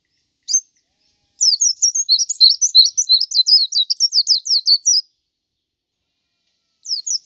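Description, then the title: White-eye song, one sustained phrase of rapid, high, zigzagging notes lasting about three and a half seconds, bracketed by single short chirps. "Suara burung pleci"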